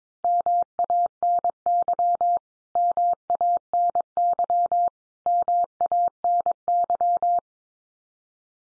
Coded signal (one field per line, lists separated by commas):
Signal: Morse code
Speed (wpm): 22 wpm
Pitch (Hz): 700 Hz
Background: none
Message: MANY MANY MANY